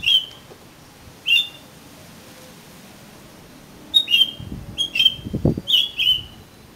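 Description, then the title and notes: Oriental magpie-robin song: short clear whistled notes, given singly early on and in a closer cluster toward the end, with faint low thumps beneath. "suara kacer. kumpulan suara burung kacer"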